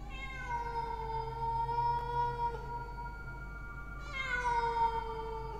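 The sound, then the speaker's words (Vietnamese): A large black cat, standing outside a door after rushing out, lets out two long, drawn-out meows, the first sliding slowly downward in pitch and the second rising before falling again, with a steady low hum underneath and no talking. “Đoạn nó đứng đó quay lại nhìn bà bèn, kêu lên mấy tiếng.”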